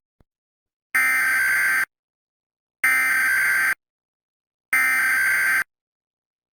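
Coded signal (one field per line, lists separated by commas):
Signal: Emergency Alert System (SAME) tones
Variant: header bursts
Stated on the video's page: Fictional scenario alert, not a real broadcast.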